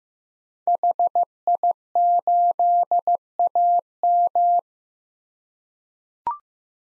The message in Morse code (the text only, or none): HI8AM